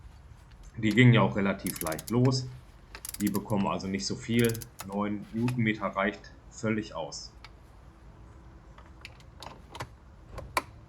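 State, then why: Torque reached. A torque wrench set to 9 N·m tightens the oil filter housing bolts on a BMW 1 Series engine during an oil filter housing gasket replacement. Someone talks for most of the first seven seconds, then a few light mechanical ticks follow from about 9.0 s. The wrench gives a sharp click at its setting at 10.6 s.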